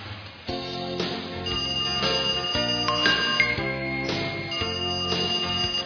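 A telephone rings repeatedly over the opening of a song, its bright, high electronic trills layered on top of steady, sustained instrumental chords.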